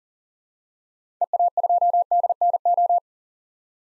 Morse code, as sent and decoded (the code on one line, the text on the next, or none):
. .- ..--- -.. -. ---
EA2DNO